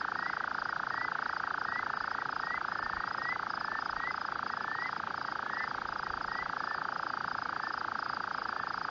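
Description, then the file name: Rufous-cheeked nightjar churring continuously, a fast, regular, purring trill that never pauses, with soft rising chirps sounding at intervals above it. Call recorded at Bellary guest farm, Vredefort. "Caprimulgus rufigena, roep van grondpad, Bellary-gasteplaas, Vredefort"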